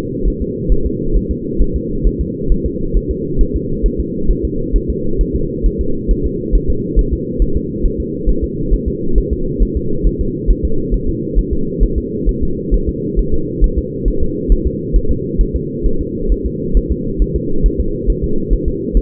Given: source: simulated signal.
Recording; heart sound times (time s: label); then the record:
fetal heart sounds
0.28 s: S1
0.42 s: S2
0.72 s: S1
0.86 s: S2
1.17 s: S1
1.31 s: S2
1.61 s: S1
1.76 s: S2
2.07 s: S1
2.21 s: S2
2.52 s: S1
2.66 s: S2
2.97 s: S1
3.11 s: S2
3.41 s: S1
3.56 s: S2
3.86 s: S1
4.00 s: S2
4.31 s: S1
4.45 s: S2
4.76 s: S1
4.90 s: S2
5.21 s: S1
5.36 s: S2
5.66 s: S1
5.81 s: S2
6.11 s: S1
6.26 s: S2
6.55 s: S1
6.70 s: S2
6.99 s: S1
7.13 s: S2
7.42 s: S1
7.57 s: S2
7.85 s: S1
8.00 s: S2
8.29 s: S1
8.44 s: S2
8.74 s: S1
8.88 s: S2
9.18 s: S1
9.33 s: S2
9.63 s: S1
9.77 s: S2
10.07 s: S1
10.21 s: S2
10.51 s: S1
10.65 s: S2
10.94 s: S1
11.09 s: S2
11.39 s: S1
11.53 s: S2
11.84 s: S1
11.98 s: S2
12.29 s: S1
12.43 s: S2
12.74 s: S1
12.89 s: S2
13.19 s: S1
13.34 s: S2
13.64 s: S1
13.78 s: S2
14.08 s: S1
14.23 s: S2
14.52 s: S1
14.67 s: S2
14.96 s: S1
15.11 s: S2
15.41 s: S1
15.56 s: S2
15.86 s: S1
16.01 s: S2
16.32 s: S1
16.46 s: S2
16.77 s: S1
16.92 s: S2
17.22 s: S1
17.36 s: S2
17.66 s: S1
17.80 s: S2
18.10 s: S1
18.24 s: S2
18.53 s: S1
18.68 s: S2
18.97 s: S1
From the record:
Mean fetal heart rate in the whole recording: 135 bpm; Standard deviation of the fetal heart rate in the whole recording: 3 bpm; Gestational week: 36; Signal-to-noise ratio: -8.1 dB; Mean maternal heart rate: 72 bpm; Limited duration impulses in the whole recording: absent